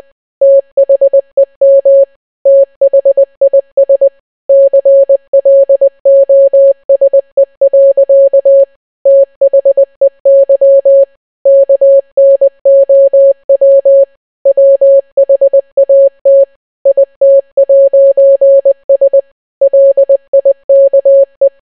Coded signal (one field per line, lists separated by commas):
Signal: Morse code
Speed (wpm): 20 wpm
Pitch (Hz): 550 Hz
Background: none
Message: THEM THIS CLOSE. THEY KNOW WHAT IT'S LIKE